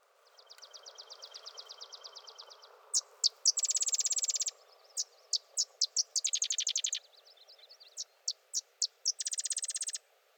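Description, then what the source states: Sedge wren delivering repeated songs of sharp, high chip notes each running into a rapid buzzy chatter, with a faint insect-like trill at the start. Singing close.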